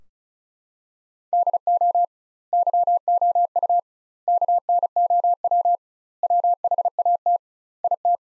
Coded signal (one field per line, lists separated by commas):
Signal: Morse code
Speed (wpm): 34 wpm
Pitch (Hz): 700 Hz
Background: none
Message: DO YOU KNOW WHAT IT